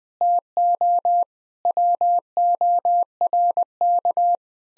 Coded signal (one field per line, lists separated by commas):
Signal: Morse code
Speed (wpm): 20 wpm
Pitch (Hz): 700 Hz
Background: none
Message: TO WORK